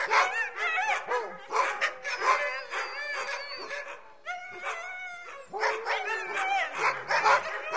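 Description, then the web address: Dogs barking in an overlapping pack, with drawn-out wavering howls running through and over the rough, irregular barks. A pack of dogs, barking and howling together. "aboiement et hurlement dune meute de chiens"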